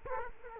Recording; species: mosquito wingbeat signal from an infrared sensor; Culex quinquefasciatus